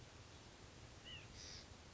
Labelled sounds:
White-breasted Nuthatch

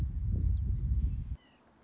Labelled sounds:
Song Sparrow

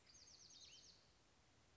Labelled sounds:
Bewick's Wren

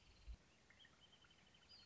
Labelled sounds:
Wrentit

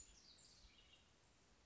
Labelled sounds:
House Wren

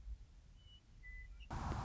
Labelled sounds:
Western Meadowlark

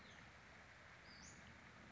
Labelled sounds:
Western Flycatcher

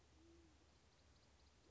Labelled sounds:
Band-tailed Pigeon

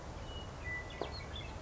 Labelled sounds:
Western Meadowlark

